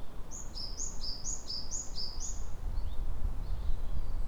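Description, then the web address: Japanese tit giving a brisk series of paired high whistles, each high note followed by a slightly lower one, repeated several times over a low background rumble. Recorded on 30 April 2018. "kotorinomori kotori sijukara"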